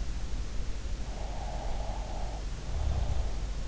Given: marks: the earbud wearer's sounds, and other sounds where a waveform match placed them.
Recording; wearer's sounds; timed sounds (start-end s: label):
sounds in sleep by an in-ear microphone; snoring breath
1.13-3.60 s: snoring breath